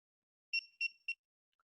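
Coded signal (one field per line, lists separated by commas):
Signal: beep code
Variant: Geotab GO device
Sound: three quick high-pitched beeps, then silence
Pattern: 3 short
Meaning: Auxiliary input 3 was activated and learned as a negative input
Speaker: Je viens de forcer un signal négatif au ground sur mon auxiliaire 3. Ça a déclenché 3 bips rapides.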